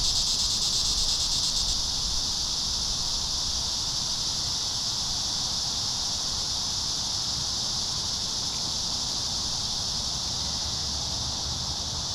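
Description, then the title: Cicadas in a steady, high-pitched buzzing chorus that holds evenly throughout, with a faint low rumble underneath. Several cicadas singing in a park. "neoscenes: cicadas in the park"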